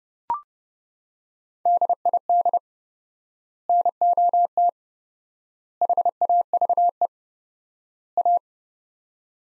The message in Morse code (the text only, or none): DID NOT HAVE A